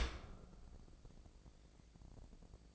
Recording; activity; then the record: daily activity, microphone in the room; open dishwasher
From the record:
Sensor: 5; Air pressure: 1012.4 hPa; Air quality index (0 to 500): 162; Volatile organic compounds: 2 ppm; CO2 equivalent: 1102 ppm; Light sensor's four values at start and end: 133/318/136/152 and 133/317/135/151